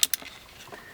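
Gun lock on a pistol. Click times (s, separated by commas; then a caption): 0.0 s, 0.1 s. A key is turned in the factory-installed gun lock on a Jimenez JA-22 pistol, and the lock pops open with two sharp clicks at 0.0 and 0.1 seconds. Faint softer rustling follows, and the lock is released.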